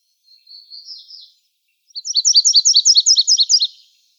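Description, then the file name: Virginia's warbler song: a faint high twittering fragment, a short gap, then a bright, fast string of repeated two-part chip notes lasting nearly two seconds. Arizona, 30 April 2005. "VIWA 6 deviche"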